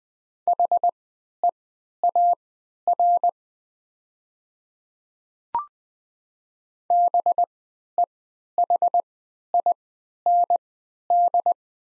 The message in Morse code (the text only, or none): HEAR BEHIND